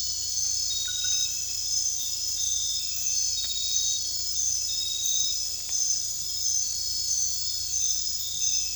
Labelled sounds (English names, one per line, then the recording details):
none
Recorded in dense forest near Puerto Asís, Putumayo, Colombia, on 21 December 2024 at 21:30
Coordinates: 0.484, -76.317
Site G026